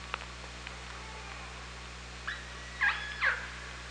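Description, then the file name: Orca calls near the end, three short harmonic bursts in quick succession, the last two loudest, above a constant low hydrophone hum. Recorded underwater on an OrcaLab hydrophone, 24 August 2017 at 18:42:13. "Orca Lab UTLN JASON 20170824 184213"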